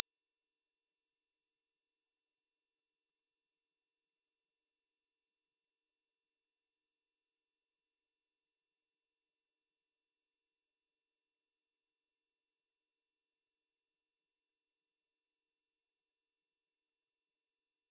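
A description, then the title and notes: A pure sine tone holds at 5905 Hz, a single thin, bright whistle with no wavering in pitch or level. It runs unbroken for the full length in complete silence, cutting off abruptly at the very end. 5905 Hz 1 Hz Interval Sine Pure Tone Frequency 441000 Sample Mono.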